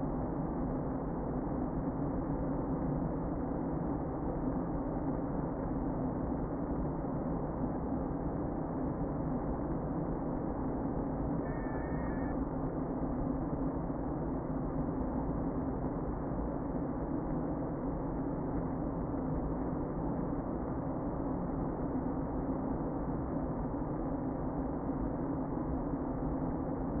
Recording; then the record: honeybee colony, microphone inside the hive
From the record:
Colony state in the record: queen present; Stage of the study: before two queens were removed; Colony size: about 60,000 bees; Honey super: yes